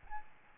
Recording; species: mosquito wingbeat signal from an infrared sensor; Aedes albopictus